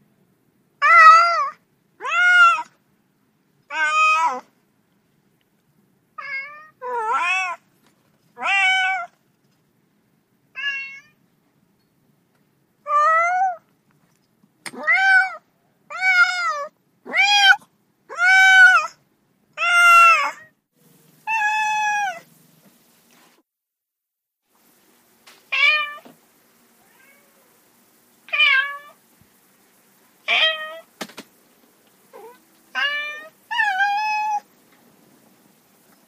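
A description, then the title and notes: Cats meow over and over, each call short and stacked with bright wavering tones. The meows come in bursts of two or three, with brief silent gaps between them and no background noise. Cats Meowing.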